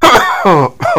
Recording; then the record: coughing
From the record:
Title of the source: Heavy cold and sore throat coughing.